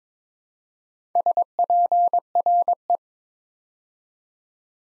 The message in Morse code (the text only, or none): SPRE